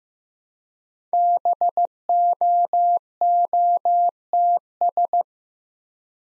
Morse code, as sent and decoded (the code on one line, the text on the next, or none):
-... --- --- - ...
BOOTS